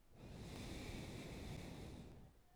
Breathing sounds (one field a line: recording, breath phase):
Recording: one breath near a microphone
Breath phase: exhalation